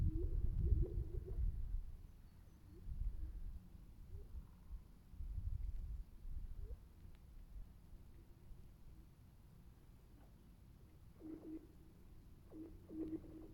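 Ice on a frozen lake, warmed by the sun, groans and cracks under thermal stress. Deep booming rumbles dominate the first seconds, then quieter low thuds and short whining, pinging tones recur, with a burst of higher twangs around eleven to thirteen seconds.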